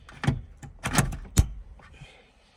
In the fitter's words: so once you hear that click, you know you're good.